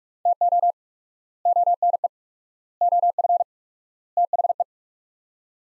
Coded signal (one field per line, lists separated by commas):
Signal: Morse code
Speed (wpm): 47 wpm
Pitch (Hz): 700 Hz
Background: none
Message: TO ONE OF THE